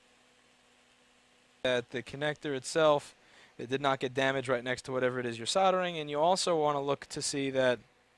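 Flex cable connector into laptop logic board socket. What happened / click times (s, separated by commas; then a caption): No seating click yet; the cable connector has not gone home / none. A flex cable connector is handled near its socket on a Unibody MacBook Pro logic board (820-2915) after soldering nearby, with the cable about to be plugged in to check that the connector was not damaged. Someone talks throughout, over low background hum. Nothing has seated or clicked yet.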